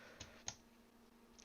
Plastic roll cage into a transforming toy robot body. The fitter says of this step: snap into place like that